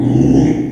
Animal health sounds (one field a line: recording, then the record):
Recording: squeal of a Yucatan mini pig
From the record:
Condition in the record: after surgery on the right vocal fold (resection and tissue-engineered implant)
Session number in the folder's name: 3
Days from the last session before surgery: 33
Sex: male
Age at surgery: 12 weeks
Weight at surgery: 13 kg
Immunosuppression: cyclosporine, prednisolone